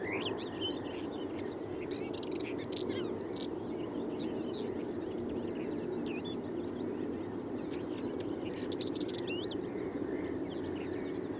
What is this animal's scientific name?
Saxicola rubicola